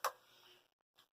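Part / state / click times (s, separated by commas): bolt threads in a nut / stripped / 0.1 s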